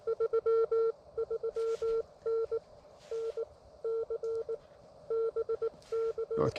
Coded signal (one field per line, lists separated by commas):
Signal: Morse code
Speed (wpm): 18 wpm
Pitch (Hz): 450 Hz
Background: none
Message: 33N NC BK